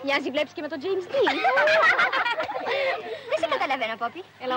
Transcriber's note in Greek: γελάνε όλες μαζί